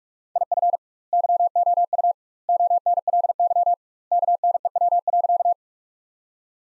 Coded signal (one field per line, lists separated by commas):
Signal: Morse code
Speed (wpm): 41 wpm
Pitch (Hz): 700 Hz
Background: none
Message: IF YOU ONLY KNEW.